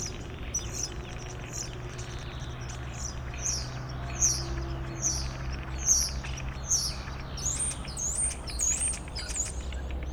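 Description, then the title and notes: Common starling song: a series of sharp descending whistled notes about twice a second, then rising slurred whistles, with soft chatter and a low hum beneath. Starlings nesting outside a window in rural Goworów, Poland, mimicking other species; rural birds imitate other birds, not car alarms; recorded with Zoom F4 and AT BP4025. "Goworów 6, 57-515, Poland - Starlings mimicking other species. Zainstalowały mi się za oknem szpaki i udają najróżniejsze inne dźwięki. Obok wcale nie ma stawu - to szpaki udają żaby. Tak samo z wołaniem żurawi - to słabsze głosy, ale ewidentny zaśpiew żurawia"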